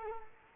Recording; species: mosquito wingbeat signal from an infrared sensor; Culex quinquefasciatus